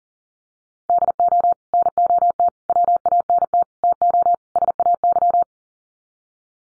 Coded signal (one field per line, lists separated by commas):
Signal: Morse code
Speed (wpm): 40 wpm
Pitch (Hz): 700 Hz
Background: none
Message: DO NOT WANT TO SAY